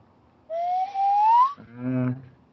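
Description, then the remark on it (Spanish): A wooden nose whistle, placed on the nose, plays one sustained, breathy tone that slides steadily upward in pitch for about a second, followed by a short, low hum-like vocal sound. “Es un silbato de nariz.”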